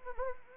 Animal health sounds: mosquito wingbeat signal from an infrared sensor; Anopheles arabiensis

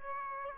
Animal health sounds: mosquito wingbeat signal from an infrared sensor; Aedes aegypti

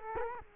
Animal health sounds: mosquito wingbeat signal from an infrared sensor; Culex quinquefasciatus

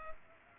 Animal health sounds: mosquito wingbeat signal from an infrared sensor; Culex pipiens

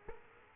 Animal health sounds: mosquito wingbeat signal from an infrared sensor; Culex quinquefasciatus

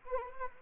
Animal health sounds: mosquito wingbeat signal from an infrared sensor; Anopheles arabiensis

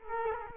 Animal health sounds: mosquito wingbeat signal from an infrared sensor; Culex quinquefasciatus

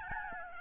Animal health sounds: mosquito wingbeat signal from an infrared sensor; Aedes albopictus

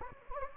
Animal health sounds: mosquito wingbeat signal from an infrared sensor; Anopheles gambiae

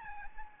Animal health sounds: mosquito wingbeat signal from an infrared sensor; Aedes albopictus

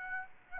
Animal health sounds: mosquito wingbeat signal from an infrared sensor; Aedes aegypti

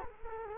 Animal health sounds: mosquito wingbeat signal from an infrared sensor; Culex quinquefasciatus

